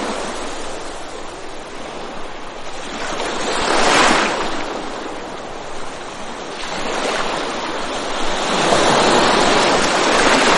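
Waves wash onto a gently sloping sandy beach in quick succession, each a broad hissing rush. Swells peak around four seconds and again near nine, with a softer surge in between, over a constant bed of surf noise and light wind.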